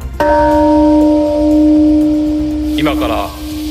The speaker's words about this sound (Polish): Japonia czci ofiary bomby atomowej zrzuconej na Hiroshimę 80 lat temu. Na obchodach zjawili się przedstawiciele 120 państw. Uroczystości rozpoczęło bicie dzwonu pokoju.